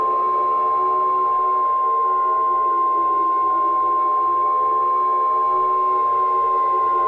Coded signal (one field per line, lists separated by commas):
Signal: Emergency Alert System (SAME) tones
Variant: 1050 Hz attention tone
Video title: Tornado Nightmare - A EAS Mock